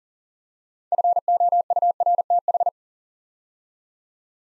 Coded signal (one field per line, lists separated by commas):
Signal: Morse code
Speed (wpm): 43 wpm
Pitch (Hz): 700 Hz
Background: none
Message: FOURTH